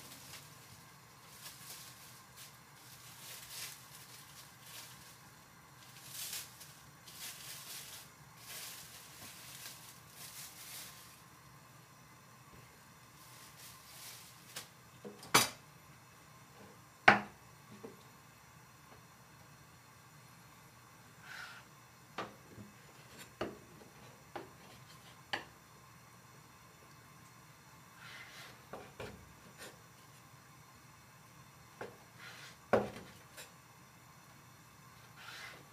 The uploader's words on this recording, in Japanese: 環境音 かつおのたたきらーめん。